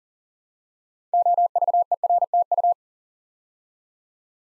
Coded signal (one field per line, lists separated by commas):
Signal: Morse code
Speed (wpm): 39 wpm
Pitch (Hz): 700 Hz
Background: none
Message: OVERTU